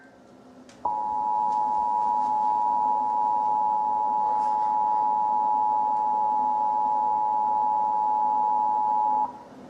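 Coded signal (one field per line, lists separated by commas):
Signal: Emergency Alert System (SAME) tones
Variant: 853 and 960 Hz attention tone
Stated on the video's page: Fictional tornado watch and warning scenario, simulated rather than a real broadcast.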